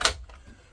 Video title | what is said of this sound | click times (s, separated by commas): Is The Hart 20 Volt RC Truck Worth Buying? #harttools #hart #rccar #remotecontrolcar | small 1.5 amp hour battery right here it just snaps | 0.0 s